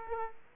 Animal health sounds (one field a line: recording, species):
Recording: mosquito wingbeat signal from an infrared sensor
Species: Aedes aegypti